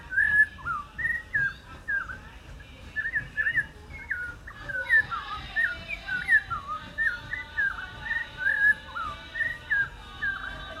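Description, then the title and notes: African Thrush song: a steady run of short whistled, slurred phrases, rising and falling. West African thrush song, Nkolmbong-Nord neighbourhood, Émana, Yaoundé, Cameroon, 2 December 2023, 5:03 p.m.; recorded on an iPhone 7, amplified. "Topographie sonore du quartier : la grive kurrichane. Nkolmbong-Nord neighborhood, Émana, Yaoundé 1, Cameroon. December 2, 2023, 5:03 p.m. Sounds captured: song of a west african thrush"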